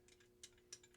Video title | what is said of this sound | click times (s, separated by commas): How to Oil Piston Valves (Trumpet, Tuba, Baritone) | Then I make sure it clicks in there right, | 0.7 s